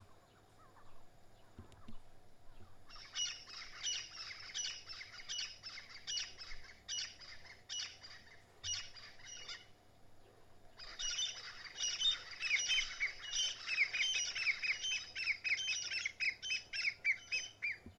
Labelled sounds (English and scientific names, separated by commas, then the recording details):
Crested Francolin (Ortygornis sephaena)
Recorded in northern Uganda